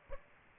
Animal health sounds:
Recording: mosquito wingbeat signal from an infrared sensor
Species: Aedes aegypti

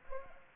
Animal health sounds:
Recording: mosquito wingbeat signal from an infrared sensor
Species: Culex pipiens

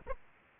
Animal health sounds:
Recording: mosquito wingbeat signal from an infrared sensor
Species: Aedes aegypti

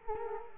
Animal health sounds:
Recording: mosquito wingbeat signal from an infrared sensor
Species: Culex quinquefasciatus

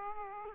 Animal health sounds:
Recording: mosquito wingbeat signal from an infrared sensor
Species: Aedes aegypti

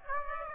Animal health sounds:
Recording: mosquito wingbeat signal from an infrared sensor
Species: Aedes aegypti

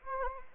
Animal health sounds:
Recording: mosquito wingbeat signal from an infrared sensor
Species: Anopheles arabiensis

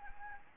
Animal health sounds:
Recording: mosquito wingbeat signal from an infrared sensor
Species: Anopheles arabiensis

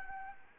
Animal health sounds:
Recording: mosquito wingbeat signal from an infrared sensor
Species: Anopheles arabiensis

